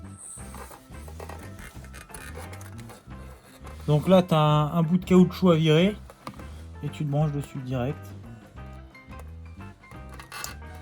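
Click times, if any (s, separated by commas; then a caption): 10.4 s. With music playing and someone talking, a plastic wiring harness connector for a new Bassani exhaust or engine-mapping module is plugged directly into the electrical socket of a Harley-Davidson Forty Eight motorcycle after a rubber cap is removed. The connector snaps home with a short, sharp click at 10.4 s, fully seated.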